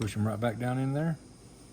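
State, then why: Not seated. During a Hot Wheels wheel swap done with a soldering iron instead of a drill, replacement wheels on a metal axle are handled, ready to be pushed down into the plastic chassis of the die-cast toy car while someone talks. The talking stops at about 1.2 seconds, leaving only a faint steady background hiss. Nothing has seated or clicked yet.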